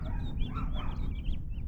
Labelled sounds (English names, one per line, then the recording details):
House Finch song
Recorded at Oceanside on Long Island, New York, on 17 June 1975
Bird C